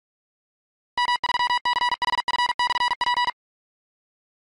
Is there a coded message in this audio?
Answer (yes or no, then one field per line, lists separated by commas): yes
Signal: Morse code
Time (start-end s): 1.0-3.3 s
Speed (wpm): 46 wpm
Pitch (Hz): 970 Hz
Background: music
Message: M3CHF/P